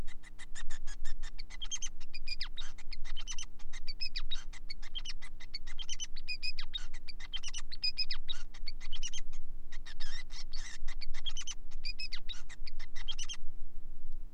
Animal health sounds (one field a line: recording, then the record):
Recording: song of a male Bengalese finch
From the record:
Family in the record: son of father 5